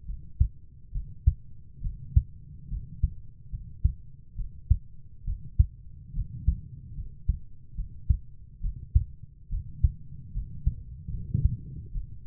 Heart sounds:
heart sounds by stethoscope; 71 bpm
0.07 s: heartbeat
0.93 s: heartbeat
1.82 s: heartbeat
2.70 s: heartbeat
3.51 s: heartbeat
4.37 s: heartbeat
5.26 s: heartbeat
6.14 s: heartbeat
6.96 s: heartbeat
7.76 s: heartbeat
8.62 s: heartbeat
9.50 s: heartbeat
10.34 s: heartbeat
11.11 s: heartbeat
11.93 s: heartbeat
From the record:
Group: healthy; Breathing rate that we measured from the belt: 16 breaths a minute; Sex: female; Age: 22 years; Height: 160 cm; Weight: 63 kg

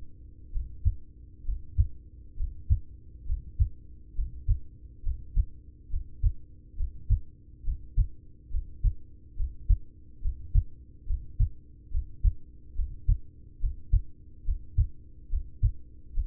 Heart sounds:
heart sounds by stethoscope; 69 bpm
0.48 s: heartbeat
1.41 s: heartbeat
2.33 s: heartbeat
3.22 s: heartbeat
4.11 s: heartbeat
4.99 s: heartbeat
5.86 s: heartbeat
6.73 s: heartbeat
7.60 s: heartbeat
8.47 s: heartbeat
9.33 s: heartbeat
10.18 s: heartbeat
11.03 s: heartbeat
11.88 s: heartbeat
12.72 s: heartbeat
13.56 s: heartbeat
14.41 s: heartbeat
15.26 s: heartbeat
16.10 s: heartbeat
From the record:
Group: heart failure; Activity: Valsalva maneuver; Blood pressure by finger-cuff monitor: 97/63 mmHg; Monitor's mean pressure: 73 mmHg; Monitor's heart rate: 70 bpm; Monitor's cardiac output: 5 L/min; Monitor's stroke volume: 72 mL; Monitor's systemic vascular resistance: 1040 dyn s/cm5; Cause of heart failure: ischemic heart disease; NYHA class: 1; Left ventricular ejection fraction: 33%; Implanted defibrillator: present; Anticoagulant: apixaban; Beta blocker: carvedilol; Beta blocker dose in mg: 18.75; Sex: male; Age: 39 years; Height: 168 cm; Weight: 72 kg

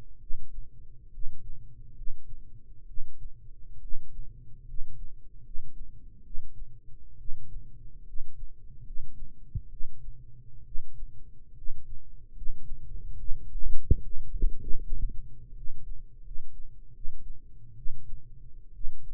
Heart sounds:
heart sounds by microphone in the right ear; 71 bpm
0.16 s: heartbeat
1.08 s: heartbeat
1.91 s: heartbeat
2.83 s: heartbeat
3.77 s: heartbeat
4.62 s: heartbeat
5.39 s: heartbeat
6.20 s: heartbeat
7.14 s: heartbeat
8.02 s: heartbeat
8.81 s: heartbeat
9.66 s: heartbeat
10.61 s: heartbeat
11.52 s: heartbeat
12.30 s: heartbeat
13.14 s: heartbeat
13.99 s: heartbeat
14.78 s: heartbeat
15.51 s: heartbeat
16.20 s: heartbeat
16.90 s: heartbeat
17.73 s: heartbeat
18.70 s: heartbeat
From the record:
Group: healthy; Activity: rest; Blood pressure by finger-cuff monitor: 108/60 mmHg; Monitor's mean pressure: 70 mmHg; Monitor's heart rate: 71 bpm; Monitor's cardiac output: 7.8 L/min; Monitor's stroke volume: 111 mL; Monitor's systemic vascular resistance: 640 dyn s/cm5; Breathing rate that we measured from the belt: 16 breaths a minute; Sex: male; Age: 22 years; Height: 185 cm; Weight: 112.4 kg

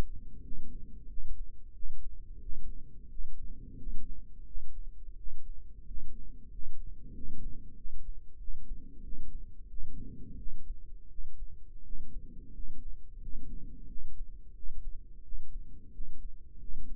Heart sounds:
heart sounds by microphone in the right ear; 89 bpm
0.41 s: heartbeat
1.07 s: heartbeat
1.72 s: heartbeat
2.40 s: heartbeat
3.08 s: heartbeat
3.76 s: heartbeat
4.44 s: heartbeat
5.15 s: heartbeat
5.85 s: heartbeat
6.50 s: heartbeat
7.12 s: heartbeat
7.74 s: heartbeat
8.37 s: heartbeat
9.01 s: heartbeat
9.67 s: heartbeat
10.36 s: heartbeat
11.08 s: heartbeat
11.82 s: heartbeat
12.52 s: heartbeat
13.19 s: heartbeat
13.86 s: heartbeat
14.53 s: heartbeat
15.21 s: heartbeat
15.91 s: heartbeat
16.58 s: heartbeat
From the record:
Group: healthy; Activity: cold pressor test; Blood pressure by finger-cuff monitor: 134/71 mmHg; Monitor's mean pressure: 86 mmHg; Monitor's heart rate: 89 bpm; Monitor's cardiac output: 9.5 L/min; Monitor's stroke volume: 108 mL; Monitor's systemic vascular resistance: 660 dyn s/cm5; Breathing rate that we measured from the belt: 18 breaths a minute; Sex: male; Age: 24 years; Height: 184 cm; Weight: 89 kg

